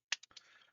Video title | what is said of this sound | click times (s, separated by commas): 5/31/2026 - Toy Unboxening: Thunder and Lightning | lock into place. | 0.1 s